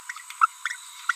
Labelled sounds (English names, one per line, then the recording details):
Green-rumped Parrotlet babbling
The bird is a female
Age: 30 days
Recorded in a nest box in Venezuela
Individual 17B42B3